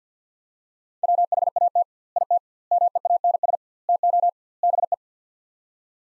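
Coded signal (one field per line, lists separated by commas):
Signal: Morse code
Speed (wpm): 50 wpm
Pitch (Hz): 700 Hz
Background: none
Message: WHAT IT MEANS TO BE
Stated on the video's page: Morse practice with sets of five words at 50 wpm using 2x word spacing, a word-based method similar to Farnsworth.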